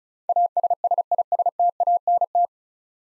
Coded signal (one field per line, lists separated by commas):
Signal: Morse code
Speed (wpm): 36 wpm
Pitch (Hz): 700 Hz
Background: none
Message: ASSISTANT